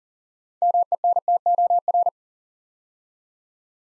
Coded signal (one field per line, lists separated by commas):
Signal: Morse code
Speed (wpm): 38 wpm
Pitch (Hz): 700 Hz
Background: none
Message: MENTOR